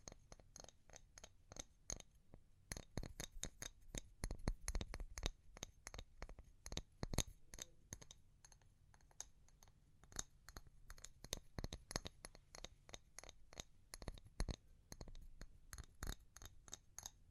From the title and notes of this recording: ASMR Pure Tapping Fast and Slow (No Talking).